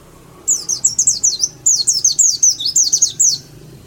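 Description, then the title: White-eye song: a fast run of very high, sharp chirping notes lasting about three seconds. Dakun-type white-eye from Malang, singing in the fast ngalas style. "Pleci dakun malang ngalas speed (Semut Merah)"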